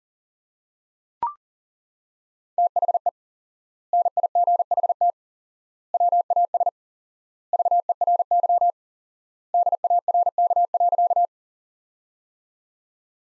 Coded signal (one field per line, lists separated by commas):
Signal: Morse code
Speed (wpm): 40 wpm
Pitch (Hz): 700 Hz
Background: none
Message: THE NIGHT WAS VERY DARK.